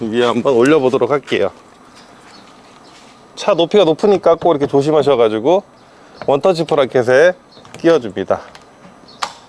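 Someone talks while the tent ladder is raised and its hooks are fitted into the bracket on a rooftop tent mounted on a Jeep Gladiator. A sharp click is heard at 9.2 s as the ladder hooks seat in the bracket.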